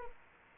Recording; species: mosquito wingbeat signal from an infrared sensor; Anopheles arabiensis